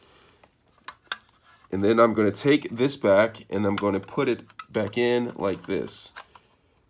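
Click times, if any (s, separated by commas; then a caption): none. The plastic cover of a TomCat mouse killer bait station is handled and set back onto its base after a bait block has been placed inside. A few light, sharp plastic taps are heard near 0.9 s and 1.1 s before someone talks, and a faint tap comes near 6.4 s. The lid has not yet been pressed down, and nothing has clicked or seated yet.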